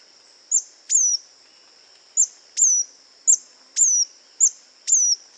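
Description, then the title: Scale-throated hermit, piercing high squeaks sliding down in pitch, each preceded by a snapping tick, given in regular pairs. Subspecies Phaethornis eurynome eurynome. "LuckyPassaro Completos2Sama. Scale-throated Hermit (Phaethornis eurynome eurynome)"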